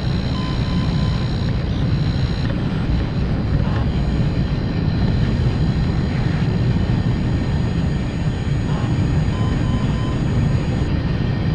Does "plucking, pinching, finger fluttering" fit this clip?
no